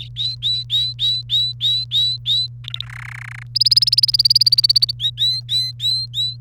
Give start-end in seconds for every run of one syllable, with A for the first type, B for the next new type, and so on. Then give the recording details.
0.16-2.47 A, 2.64-2.85 B, 2.86-3.43 C, 3.55-4.91 D, 4.99-6.36 A. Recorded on 1 May 2018 at 12:15. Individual llb3